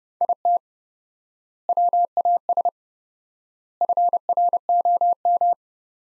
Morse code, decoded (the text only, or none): IT WAS FROM